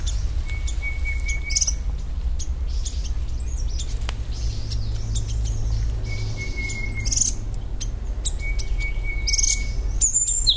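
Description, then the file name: Golden parrotbill calling with flat, drawn-out high whistles repeated a few times, plus scattered sharp high-pitched chips, against constant low-frequency noise. "parrotbill-golden -Suthora-verreauxi"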